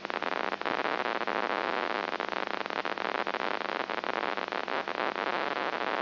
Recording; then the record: brain microelectrode recording played as sound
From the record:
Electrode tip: inside the subthalamic nucleus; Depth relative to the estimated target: -2.5 mm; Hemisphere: right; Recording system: AlphaMap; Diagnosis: Parkinson's disease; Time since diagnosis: 7 years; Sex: female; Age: 55 years